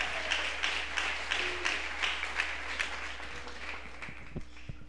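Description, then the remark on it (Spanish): An audience applauds steadily for the Lord, with a dense, sustained crackle of many hands clapping at once. The applause holds fairly even and begins to thin toward the end. “Denle un aplauso a Él.”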